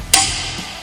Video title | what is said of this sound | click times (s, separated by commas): The Siegmund Quick Change Clamp | And you can hear the snap when we get a little bit more tension on it. | 0.1 s